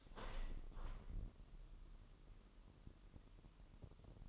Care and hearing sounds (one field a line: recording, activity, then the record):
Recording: daily activity, microphone in the room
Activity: open window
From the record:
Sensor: 4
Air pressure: 998.7 hPa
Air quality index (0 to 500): 116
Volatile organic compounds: 2 ppm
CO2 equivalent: 1148 ppm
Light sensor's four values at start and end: 9/23/9/10 and 10/23/9/10